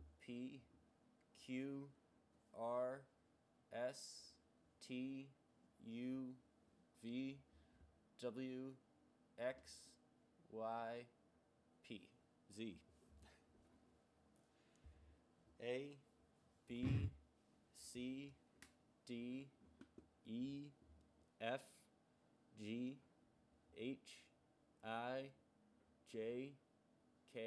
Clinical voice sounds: letters of the alphabet, spoken; free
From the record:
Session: seven days later

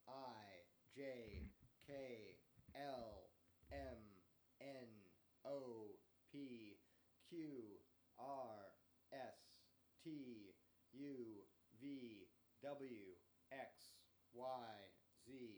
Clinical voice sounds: letters of the alphabet, spoken; free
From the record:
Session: first day, before the bite bar

